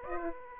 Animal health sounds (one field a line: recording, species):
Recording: mosquito wingbeat signal from an infrared sensor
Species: Aedes aegypti